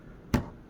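A plastic Mega Construx castle piece is pressed down into the adjoining castle section where it is meant to lock into place, giving one sharp click at 0.3 s. Pushing that part down makes the other part pull up, so the pieces do not both stay seated and the lock only partly holds.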